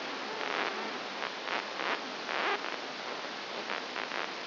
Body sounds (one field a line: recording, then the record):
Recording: brain microelectrode recording played as sound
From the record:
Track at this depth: outside the subthalamic nucleus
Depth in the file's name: 6.301 mm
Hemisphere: left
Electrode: 2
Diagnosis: Parkinson's disease